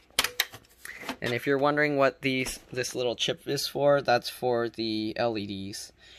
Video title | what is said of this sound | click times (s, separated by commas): Alienware D03X Area 51 R2 Disassembly RAM SSD Hard Drive Upgrade Repair GPU Removal Install | and then after that you just push it up and it locks in place okay | 0.2 s, 0.4 s